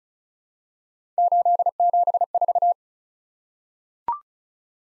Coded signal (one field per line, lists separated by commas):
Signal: Morse code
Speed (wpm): 36 wpm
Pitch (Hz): 700 Hz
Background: none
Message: 874